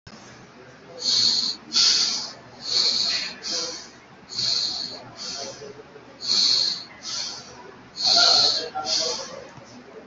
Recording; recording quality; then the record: deep breathing; excellent, no background noise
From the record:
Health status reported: COVID-19 positive, mild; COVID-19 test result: positive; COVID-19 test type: RT-PCR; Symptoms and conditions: cough, cold, sore throat, fever, muscle pain, loss of smell and taste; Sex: male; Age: 41 years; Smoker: no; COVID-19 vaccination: one dose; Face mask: worn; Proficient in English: yes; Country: India